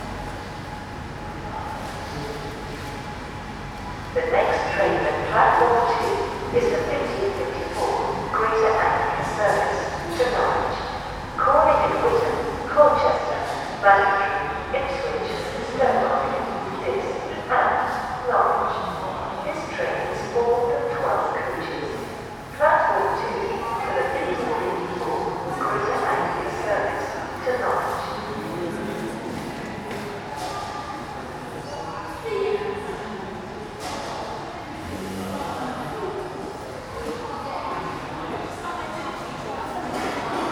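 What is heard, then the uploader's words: A quiet train station ticket office where a few travellers talk in bursts, with a faint steady hum and occasional thuds behind. Train station ticket office. A ticket office of a train station, which is mostly deserted, with only a few travellers.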